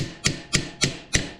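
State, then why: Partly seated. A small hammer taps a metal shelf beam tab into the hole of an upright post on a five-tier shelf, because hand pressure alone leaves the tabs not all the way in. Sharp metallic taps ring out at 0.3, 0.6 and 1.1 seconds, with a similar tap near 0.8 seconds. The tab is driven in and the frame now holds together, though a small gap remains.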